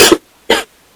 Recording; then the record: coughing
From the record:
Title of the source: 55 gaggy wet cough